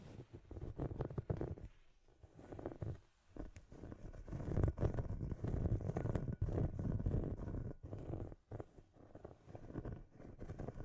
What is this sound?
Scratchy Tapping